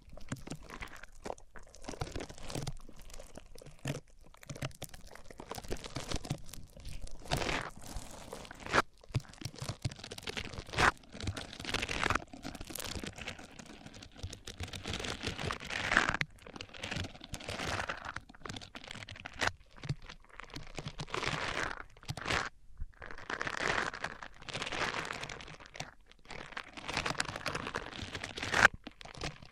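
A microphone is rubbed across different surfaces, making rough, crunchy scraping and crinkling noise. The sound comes in dense, irregular bursts of uneven loudness with brief gaps between strokes, continuing for the full length, with occasional sharper cracks.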